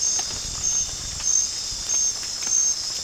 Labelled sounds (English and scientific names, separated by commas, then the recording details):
none
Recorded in pastures near Puerto Asís, Putumayo, Colombia, on 29 June 2025 at 23:30
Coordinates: 0.466, -76.322
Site GP07